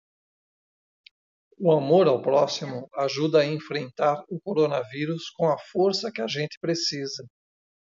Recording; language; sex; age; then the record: spoken sentence; Brazilian Portuguese; male; 60 to 69 years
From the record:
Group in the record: control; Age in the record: 61 years